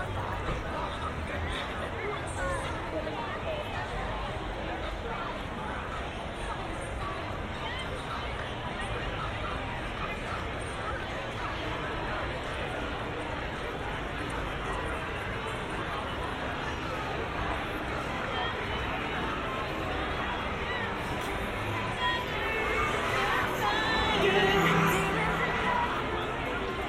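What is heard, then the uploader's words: Crowd noise outside the Phillies v Padres baseball game in San Diego, heard at a distance: a steady, dense babble of many voices with no single speaker standing out. The level stays even throughout, with a brief swell of louder voices around 23 to 25 seconds. San Diego. In public. At a distance. Record outside the Phillies v Padres baseball game.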